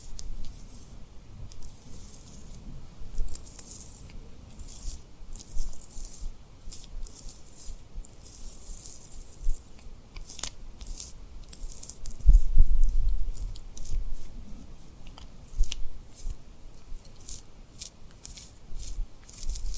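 Tapping and rubbing on rhinestones, with a steady run of crisp, bright scratchy textures and frequent quick taps throughout. A few sharper, louder clicks and a low bump stand out around twelve seconds, along with soft crunchy, moist sounds.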